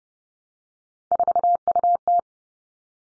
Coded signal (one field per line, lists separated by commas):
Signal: Morse code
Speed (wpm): 30 wpm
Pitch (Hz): 700 Hz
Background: none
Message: 4UT